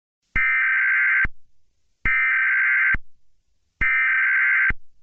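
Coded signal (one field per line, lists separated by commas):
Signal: Emergency Alert System (SAME) tones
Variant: header bursts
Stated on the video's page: A fictional EAS scenario depicting a reality-threatening god arriving on earth.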